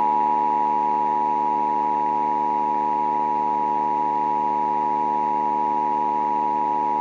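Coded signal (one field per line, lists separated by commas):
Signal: Emergency Alert System (SAME) tones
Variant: 853 and 960 Hz attention tone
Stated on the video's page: Simulated EAS scenario for a Halloween AI uprising story; the tones are stated to be valid SAME tones.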